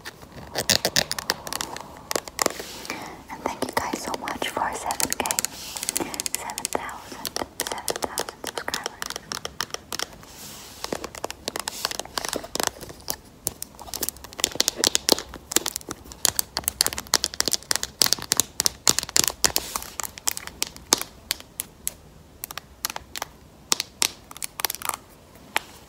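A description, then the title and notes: Acrylic nails tap and click rapidly, each strike a sharp, bright tick. The tapping is dense in the first half, then turns sparser and more irregular, with brief crinkly, rustling bursts mixed in. ASMR Tapping with Acrylic Nails.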